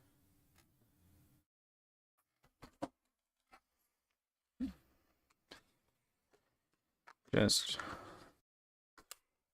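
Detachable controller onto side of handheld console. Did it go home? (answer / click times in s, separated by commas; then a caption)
yes / 9.0 s, 9.1 s. A detachable controller is pressed onto the side of a Switch 2 handheld tablet console and attaches magnetically. Someone talks over scattered handling taps and a louder burst near 7.4 s, then two short sharp snaps at 9.0 s and 9.1 s mark the controller seating in place.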